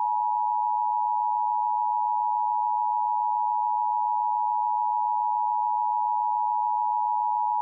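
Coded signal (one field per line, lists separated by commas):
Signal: Emergency Alert System (SAME) tones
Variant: 853 and 960 Hz attention tone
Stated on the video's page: A mock severe thunderstorm warning alert for Cleveland, not a real broadcast.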